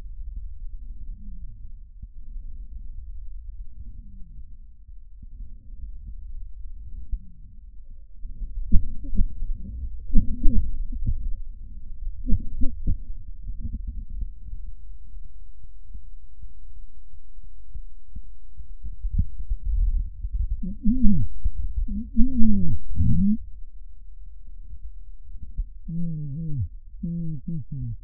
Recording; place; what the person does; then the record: lung sounds by stethoscope; left anterior apical chest; quiet breathing, then cough and speech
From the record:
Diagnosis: COPD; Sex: male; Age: 75 years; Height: 182 cm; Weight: 98 kg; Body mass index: 29.6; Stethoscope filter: bell mode